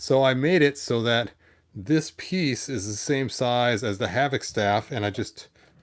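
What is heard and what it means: A custom 3D-printed plastic piece, made the same size as the Havoc Staff because the original staff is too long for the holder, is handled at the holder on a toy collector vehicle. Someone talks throughout, and no click or impact sound is heard. Nothing has seated or clicked into the holder yet.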